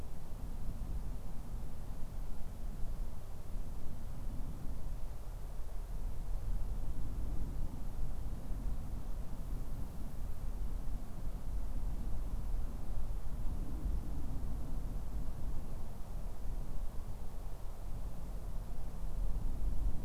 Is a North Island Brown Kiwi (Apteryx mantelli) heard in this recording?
no